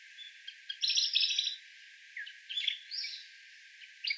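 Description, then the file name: Sakhalin leaf warbler giving high, thin trilled phrases, a longer buzzy burst followed by shorter chirpy bits, with quiet gaps and faint background hiss. Recorded 14 May 2014 on Tobishima. "karafutomuji 140514 tobishima mima"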